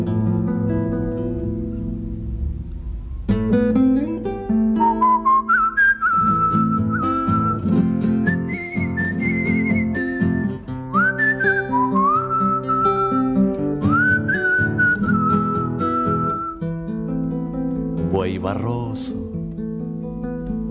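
A person whistles a bright, wavering melody of sustained notes over a full band with guitar and steady rhythm, the whistled line sliding between pitches before ending in a rising flourish.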